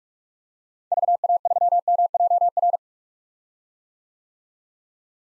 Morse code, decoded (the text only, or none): VA3MJR